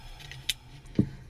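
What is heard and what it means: A ring-lock accessory is fitted into a leather case and clicks into place at 0.5 s with a sharp, bright snap, locking on so it won't come off. A softer tick comes just before, and a low thump follows at about 1.0 s.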